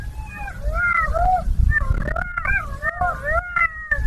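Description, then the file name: Golden jackal howls: a run of high, wavering wails sliding up and down over a low rumble. "Szakal zlocisty"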